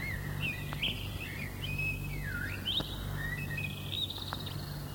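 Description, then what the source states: Common Blackbird singing a relaxed, varied warble of mellow fluted phrases with twisting slides, continuing throughout over a faint low hum. Rest song, as ornithologists call it; typically sung at dusk by a sated bird perched fluffed up; expresses nothing, sung for enjoyment; called the most beautiful to human ears.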